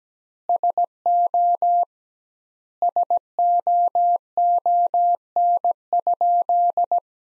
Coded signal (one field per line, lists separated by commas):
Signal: Morse code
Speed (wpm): 17 wpm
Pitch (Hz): 700 Hz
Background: none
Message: SO SOON?